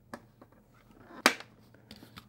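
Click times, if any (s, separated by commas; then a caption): 1.3 s. A visor for an AGV Tourmodular motorcycle helmet is offered onto the helmet's side mounting plate, its tabs locating in the plate holes. After a few light handling clicks, it snaps into place with a sharp, loud plastic click at 1.3 s, followed by softer clicks. The visor is seated on the side mount.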